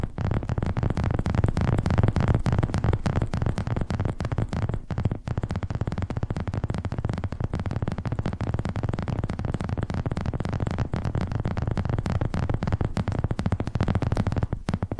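ASMR tapping: a fast, dense run of sharp taps that never lets up across the whole fifteen seconds. The taps land in quick irregular flurries over a steady low thudding body, with loudness staying even and only brief dips around five and fourteen seconds.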